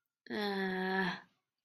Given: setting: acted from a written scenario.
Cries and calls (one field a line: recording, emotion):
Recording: vocal sound without words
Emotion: shame